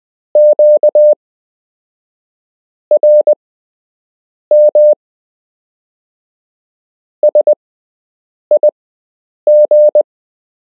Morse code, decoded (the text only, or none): QRM SIG